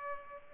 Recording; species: mosquito wingbeat signal from an infrared sensor; Culex pipiens